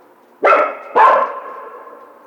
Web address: sounds mammals Coyote 2010 03 16 11 howl